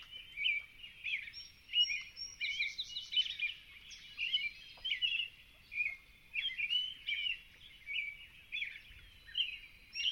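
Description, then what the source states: American Robin caroling steadily, short warbled phrases in quick succession with brief pauses. Joins the dawn chorus full-throated in still dark twilight, 0432, Long Swamp in the Okanogan mountains, 2019; crisp, clear morning.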